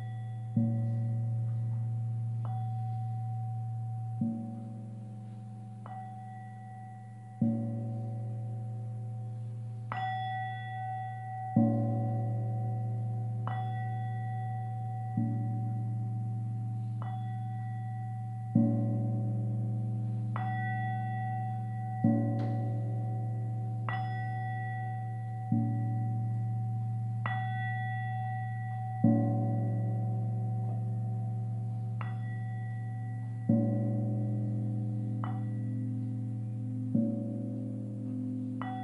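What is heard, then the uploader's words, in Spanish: Tibetan singing bowls are struck one after another, roughly every three to four seconds, each ring swelling then slowly fading under the next. A deep, steady hum sits beneath bright chiming overtones, and the overlapping tones keep the sound continuous. Cuencos tibetanos para dormir.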